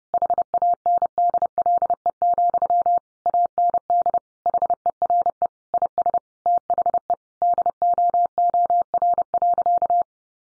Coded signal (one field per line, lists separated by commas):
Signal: Morse code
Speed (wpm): 30 wpm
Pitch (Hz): 700 Hz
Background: none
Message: HANDLE, AND HERE IS THE DOOR.